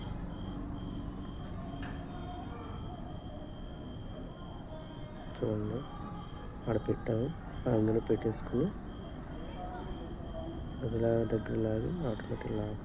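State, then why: Not seated. A spring-held plastic plate or louver part is being positioned into its lock slot on a Lloyd split air conditioner's indoor unit during reassembly after cleaning. Someone talks over a steady background hum with a faint high tone, and the voice grows louder in bursts from about 5.5 s onward. Nothing has seated or clicked yet; the part is only lined up before locking.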